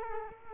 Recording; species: mosquito wingbeat signal from an infrared sensor; Culex quinquefasciatus